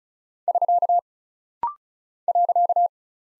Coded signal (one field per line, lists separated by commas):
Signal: Morse code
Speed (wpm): 36 wpm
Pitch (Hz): 700 Hz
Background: none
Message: <SK> .